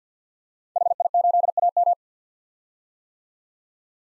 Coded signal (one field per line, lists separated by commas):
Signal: Morse code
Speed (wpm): 50 wpm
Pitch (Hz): 700 Hz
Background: none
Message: HI8AM